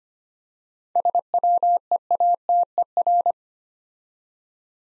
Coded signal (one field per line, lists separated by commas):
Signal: Morse code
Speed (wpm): 25 wpm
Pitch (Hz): 700 Hz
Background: none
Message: SWEATER